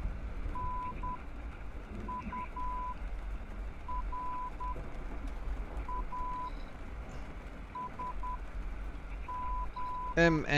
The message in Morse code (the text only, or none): NURASG